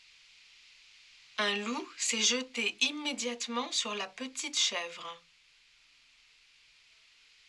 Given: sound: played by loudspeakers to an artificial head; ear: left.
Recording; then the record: speech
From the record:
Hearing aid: class 1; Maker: E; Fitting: closed earmoulds, the maker's default for a moderate loss (N3)